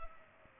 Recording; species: mosquito wingbeat signal from an infrared sensor; Culex pipiens